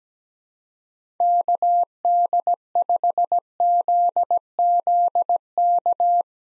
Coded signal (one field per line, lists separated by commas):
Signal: Morse code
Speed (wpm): 17 wpm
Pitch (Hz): 700 Hz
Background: none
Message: KD5ZZK